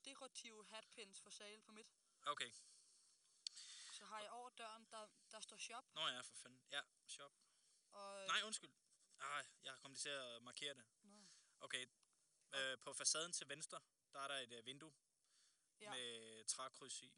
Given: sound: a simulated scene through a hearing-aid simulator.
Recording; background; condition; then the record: conversation; quiet; 75 dB SPL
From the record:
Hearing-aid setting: standard clinical setting (NAL); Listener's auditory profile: C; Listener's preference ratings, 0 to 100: 99, 99, 97